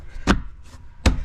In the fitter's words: see and it pops right into place so do that times four